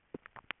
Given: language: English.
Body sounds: throat vibration sensor signal played as sound; swallow

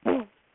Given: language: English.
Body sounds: throat vibration sensor signal played as sound; throat clearing

